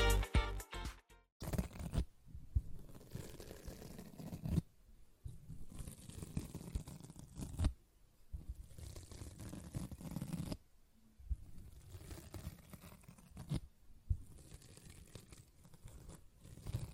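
A sponge is scratched and squished in repeated rough, crackly strokes, with sharp bursts at the start and short pauses between passes.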